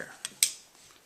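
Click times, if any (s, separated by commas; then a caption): 0.4 s. During a rebuild of an Aisan 2-barrel carburetor, a secondary linkage part on the secondary side is pressed onto the carburetor body. After a brief spoken word and a fainter tick near 0.2 s, it snaps into place with a sharp, bright click at 0.4 s that quickly decays. The part is seated and can then be rotated to check that it works.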